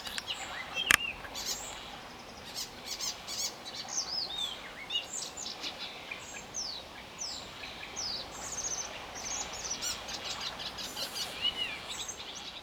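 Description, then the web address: Icterine warbler song, a fast, varied medley of high whistled slurs, chirps and buzzy notes, run together continuously with short bursts of repeated phrases. "linnut kultarinta"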